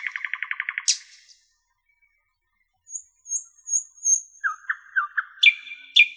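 Common nightingale singing: a rapid pulsed rattle and an upswept note, silence, high whistles, then repeated sharp chirps and a few loud sharp notes.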